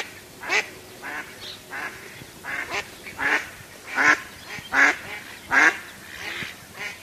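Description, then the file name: Duck quacks, coarse and nasal, repeated in a loose rhythm, with the loudest calls after the middle. "Tieng vit troi keu"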